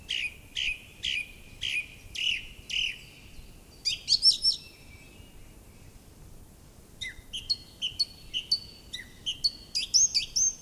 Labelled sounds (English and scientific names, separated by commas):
Song Thrush (Turdus philomelos) song